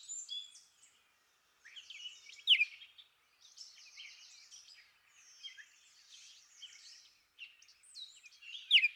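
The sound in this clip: Rose-breasted grosbeak song, rich warbled phrases of sweet rising and falling notes, broken by short pauses, with a few sharper bright notes.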